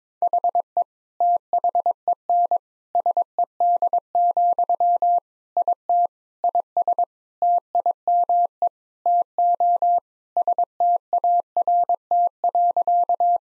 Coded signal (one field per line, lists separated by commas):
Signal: Morse code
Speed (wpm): 22 wpm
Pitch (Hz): 700 Hz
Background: none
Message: HE THEN SED, IT IS TIME TO START.